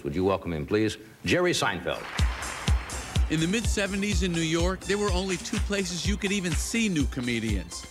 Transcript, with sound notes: Would you welcome him, please? Jerry Seinfeld.
(APPLAUSE)
In the mid-'70s in New York, there were only two places you could even see new comedians.